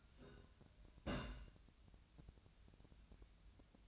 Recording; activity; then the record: daily activity, microphone in the room; place on stove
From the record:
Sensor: 2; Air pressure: 1009.8 hPa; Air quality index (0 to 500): 180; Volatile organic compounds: 10 ppm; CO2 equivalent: 2255 ppm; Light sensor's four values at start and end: 32/80/34/38 and 32/79/34/38